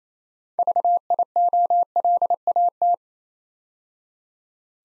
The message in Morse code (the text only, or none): VIOLAT